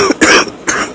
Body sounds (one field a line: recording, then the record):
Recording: coughing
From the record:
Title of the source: 31 night wet cough